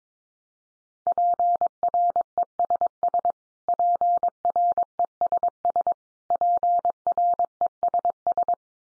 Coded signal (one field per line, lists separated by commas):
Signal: Morse code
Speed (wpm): 22 wpm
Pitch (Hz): 700 Hz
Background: none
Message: PRESS PRESS PRESS